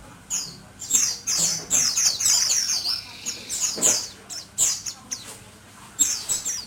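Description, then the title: White-eye song: high squeaky chirps and twitters in short clustered bursts separated by brief pauses. Pleci (white-eye) named or owned as Mr. Kebo; Malang, East Java, Indonesia. "Pleci Mr. Kebo Malang - Jawa Timur"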